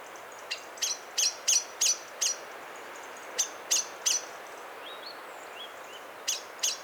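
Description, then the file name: Common blackbird calls: sharp metallic ticks in quick runs of several notes, with pauses between runs and a few faint, thin rising notes. "Turdus merula"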